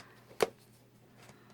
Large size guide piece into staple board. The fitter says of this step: okay that's in there large snaps into place with the large one